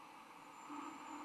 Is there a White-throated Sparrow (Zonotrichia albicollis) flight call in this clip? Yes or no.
no